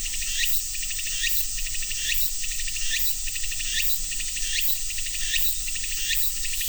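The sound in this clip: Cicada gives a steady, high, hissing drone, with a short rising chirp repeated regularly over it.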